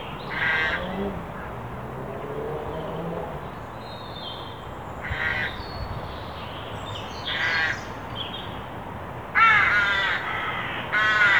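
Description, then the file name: Carrion crow giving a few harsh, hoarse caws spaced irregularly, with quieter calls between. "Corvus corone"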